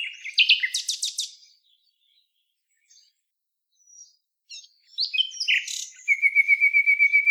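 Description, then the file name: Common nightingale song: a burst of rapid repeated notes, a quiet pause with soft notes, then a varied phrase ending in a fast, even trill. "Luscinia megarhynchos"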